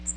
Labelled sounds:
Magnolia Warbler flight call

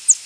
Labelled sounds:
Northern Parula flight call

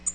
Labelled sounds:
Tennessee Warbler flight call

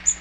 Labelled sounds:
Magnolia Warbler flight call

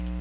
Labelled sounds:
Magnolia Warbler flight call

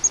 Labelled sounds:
Grace's Warbler flight call

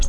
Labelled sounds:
Nashville Warbler flight call

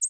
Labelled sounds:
American Redstart flight call

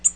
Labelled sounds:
Tennessee Warbler flight call

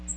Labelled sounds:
Magnolia Warbler flight call

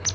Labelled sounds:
Palm Warbler flight call

